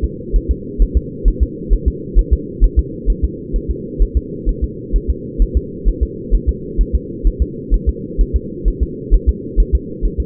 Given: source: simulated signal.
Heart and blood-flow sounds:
fetal heart sounds
0.04 s: S2
0.36 s: S1
0.51 s: S2
0.82 s: S1
0.97 s: S2
1.28 s: S1
1.43 s: S2
1.73 s: S1
1.88 s: S2
2.19 s: S1
2.33 s: S2
2.64 s: S1
2.79 s: S2
3.10 s: S1
3.24 s: S2
3.56 s: S1
3.71 s: S2
4.02 s: S1
4.17 s: S2
4.49 s: S1
4.64 s: S2
4.96 s: S1
5.10 s: S2
5.42 s: S1
5.57 s: S2
5.88 s: S1
6.03 s: S2
6.34 s: S1
6.49 s: S2
6.81 s: S1
6.95 s: S2
7.27 s: S1
7.42 s: S2
7.74 s: S1
7.89 s: S2
8.21 s: S1
8.36 s: S2
8.68 s: S1
8.83 s: S2
9.14 s: S1
9.29 s: S2
9.60 s: S1
9.75 s: S2
10.05 s: S1
10.20 s: S2
From the record:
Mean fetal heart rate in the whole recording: 130 bpm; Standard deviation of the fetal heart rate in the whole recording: 2 bpm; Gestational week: 36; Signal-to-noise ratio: -4.1 dB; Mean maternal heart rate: no maternal heart sound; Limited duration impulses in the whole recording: absent

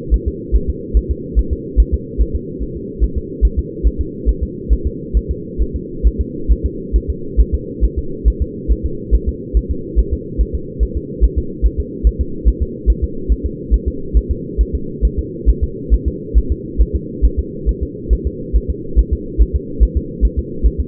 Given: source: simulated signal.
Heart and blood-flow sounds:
fetal heart sounds
0.14 s: S1
0.28 s: S2
0.56 s: S1
0.70 s: S2
0.97 s: S1
1.11 s: S2
1.39 s: S1
1.53 s: S2
1.80 s: S1
1.94 s: S2
2.22 s: S1
2.35 s: S2
2.63 s: S1
2.76 s: S2
3.04 s: S1
3.18 s: S2
3.45 s: S1
3.59 s: S2
3.87 s: S1
4.01 s: S2
4.29 s: S1
4.43 s: S2
4.73 s: S1
4.87 s: S2
5.17 s: S1
5.31 s: S2
5.62 s: S1
5.76 s: S2
6.07 s: S1
6.21 s: S2
6.51 s: S1
6.66 s: S2
6.96 s: S1
7.10 s: S2
7.41 s: S1
7.54 s: S2
7.84 s: S1
7.98 s: S2
8.28 s: S1
8.42 s: S2
8.72 s: S1
8.85 s: S2
9.15 s: S1
9.29 s: S2
9.57 s: S1
9.71 s: S2
9.99 s: S1
10.13 s: S2
10.41 s: S1
10.55 s: S2
10.83 s: S1
10.97 s: S2
11.24 s: S1
11.38 s: S2
11.66 s: S1
11.80 s: S2
12.07 s: S1
12.21 s: S2
12.48 s: S1
12.62 s: S2
12.90 s: S1
13.04 s: S2
13.32 s: S1
13.46 s: S2
13.74 s: S1
13.88 s: S2
14.17 s: S1
14.31 s: S2
14.61 s: S1
14.75 s: S2
15.05 s: S1
15.19 s: S2
15.50 s: S1
15.63 s: S2
15.94 s: S1
16.08 s: S2
16.38 s: S1
16.52 s: S2
16.81 s: S1
16.95 s: S2
17.25 s: S1
17.39 s: S2
17.69 s: S1
17.83 s: S2
18.13 s: S1
18.27 s: S2
18.56 s: S1
18.70 s: S2
18.99 s: S1
19.13 s: S2
19.41 s: S1
19.56 s: S2
19.83 s: S1
19.97 s: S2
20.25 s: S1
20.39 s: S2
20.66 s: S1
20.80 s: S2
From the record:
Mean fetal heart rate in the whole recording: 140 bpm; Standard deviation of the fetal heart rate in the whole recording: 2 bpm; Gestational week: 34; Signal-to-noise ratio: -4.3 dB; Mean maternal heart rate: 72 bpm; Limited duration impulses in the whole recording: absent

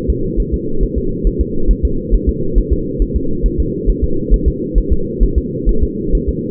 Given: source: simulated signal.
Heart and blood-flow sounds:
fetal heart sounds
0.10 s: S2
0.40 s: S1
0.54 s: S2
0.83 s: S1
0.98 s: S2
1.27 s: S1
1.41 s: S2
1.71 s: S1
1.85 s: S2
2.14 s: S1
2.29 s: S2
2.58 s: S1
2.73 s: S2
3.02 s: S1
3.16 s: S2
3.46 s: S1
3.60 s: S2
3.89 s: S1
4.04 s: S2
4.34 s: S1
4.48 s: S2
4.78 s: S1
4.92 s: S2
5.23 s: S1
5.38 s: S2
5.69 s: S1
5.83 s: S2
6.15 s: S1
6.29 s: S2
From the record:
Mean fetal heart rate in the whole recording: 135 bpm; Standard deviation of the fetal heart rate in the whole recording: 3 bpm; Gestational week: 36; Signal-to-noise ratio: -8.1 dB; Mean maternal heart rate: 72 bpm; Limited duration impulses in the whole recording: absent

